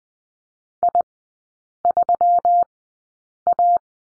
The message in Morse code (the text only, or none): I3A